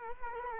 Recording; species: mosquito wingbeat signal from an infrared sensor; Culex quinquefasciatus